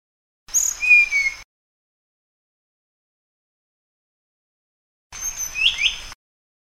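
Sunda blue flycatcher song in two brief high phrases of rapid twittering and falling whistled notes, separated by several seconds of silence.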